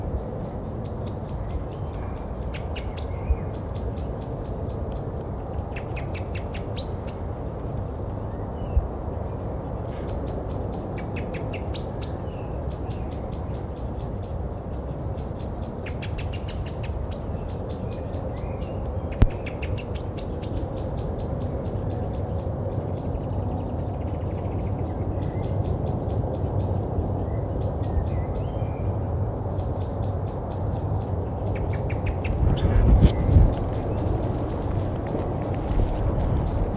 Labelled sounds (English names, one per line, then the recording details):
Common Blackbird alarm call
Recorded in the wild
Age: adult
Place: Malchower Aue, Berlin, DE
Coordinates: 52.5808, 13.4886
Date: 1990-04-06 20:22
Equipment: Riporter 6 RG-K, Halbspur, Sennheiser MKH 416 T
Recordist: Frommolt, Karl-Heinz